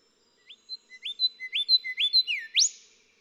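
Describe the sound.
Golden whistler song building from soft rising whistles to louder repeated upslurred notes, a downslur, and a final emphatic upswept whipcrack.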